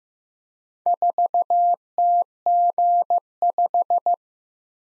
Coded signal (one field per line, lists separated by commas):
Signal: Morse code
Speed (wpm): 15 wpm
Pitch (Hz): 700 Hz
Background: none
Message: 4TG5